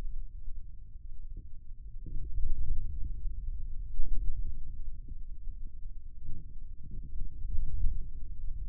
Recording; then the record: forearm muscle sounds (acoustic myography)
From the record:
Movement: hand closing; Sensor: system 2, bracelet of six BSWA MPA416 microphones around the upper forearm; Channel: 3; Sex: male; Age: 22 years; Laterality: right